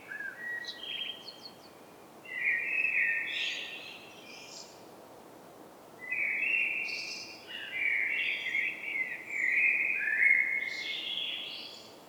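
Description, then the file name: Common blackbird song: several bursts of liquid, fluty warbling separated by short pauses, each topped with faint high chattering notes. "Turdus merula"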